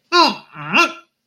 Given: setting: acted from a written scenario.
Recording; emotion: vocal sound without words; pride